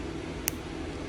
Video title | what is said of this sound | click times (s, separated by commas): Building a OH35A01 kit with a ram rebel body | and hopefully it just kind of snaps in place | 0.5 s